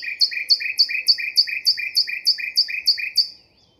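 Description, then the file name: Common nightingale song phrase: a fast, even series of about a dozen identical sharp two-tone chirps, about three and a half per second, then stopping abruptly. "Luscinia megarhynchos"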